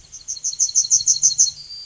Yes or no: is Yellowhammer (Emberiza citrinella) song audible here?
yes